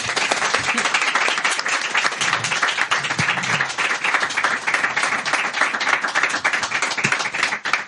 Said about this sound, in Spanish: Os despedimos con un aplauso, como os merecéis.